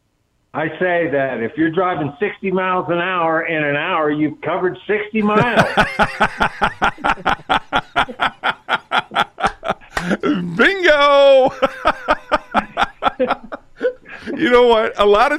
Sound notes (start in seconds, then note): 5.2 laughs; 11.1 laughs